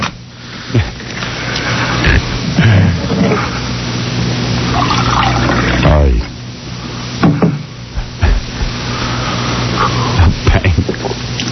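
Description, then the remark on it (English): Water splashes and pours in a steady, rushing wash, with a low hum underneath and a few sharp knocks and thuds breaking through along the way. “Even that water doesn't cool him.”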